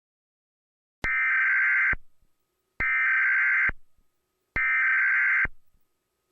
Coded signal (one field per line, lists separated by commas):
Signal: Emergency Alert System (SAME) tones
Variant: header bursts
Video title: Perpetual Motion - Part 2 (EAS Scenario)